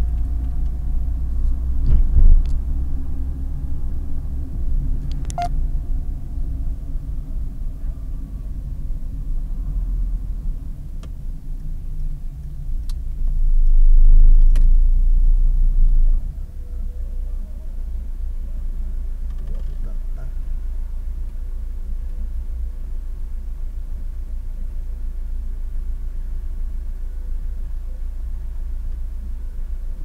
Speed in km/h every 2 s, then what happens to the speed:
30, 32, 27, 23, 18, 15, 12, 12, 0, 0, 0, 0, 0, 0, 0.
3-11 slows to 12. 14-16 brakes to 0. 16-30 standing.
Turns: none.